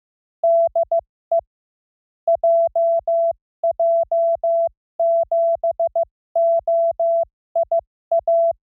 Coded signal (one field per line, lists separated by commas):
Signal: Morse code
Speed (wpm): 15 wpm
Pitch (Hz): 670 Hz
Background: none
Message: DE JJ7OIA